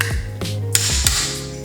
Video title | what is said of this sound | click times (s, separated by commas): Getting My Car Ready for the Drag Strip! (2017 WRX STI) | you hear that clicking sound it means it's already tight | 0.0 s, 0.8 s, 1.1 s